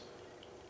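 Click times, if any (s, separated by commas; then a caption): 0.4 s. A telescoping plastic spork from a GSI Outdoors Halulite Minimalist camping cookset is slid out until its handle section locks into its extended position. A short, quiet tick sounds at 0.4 s over a faint steady background. The spork locks extended and is seated.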